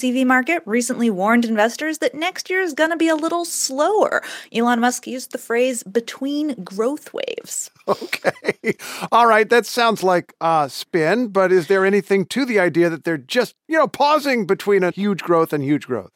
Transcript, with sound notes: EV market, recently warned investors that next year is going to be a little slower. Elon Musk used the phrase, between growth waves.
OK. (laughter) All right, that sounds like a spin, but is there anything to the idea that they're just, you know, pausing between a huge growth and huge growth?